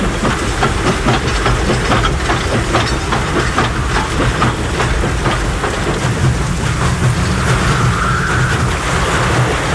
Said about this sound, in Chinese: 火车终于顺利通过了，路基和铁轨都完好无损